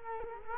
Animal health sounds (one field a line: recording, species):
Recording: mosquito wingbeat signal from an infrared sensor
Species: Culex quinquefasciatus